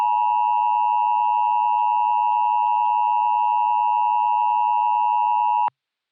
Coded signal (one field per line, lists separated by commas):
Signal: Emergency Alert System (SAME) tones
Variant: 853 and 960 Hz attention tone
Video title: Spring Hell In Central Alabama (EAS Scenario)